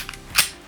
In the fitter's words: Carefully line up the slide onto the rails, pull it back until you hear the click,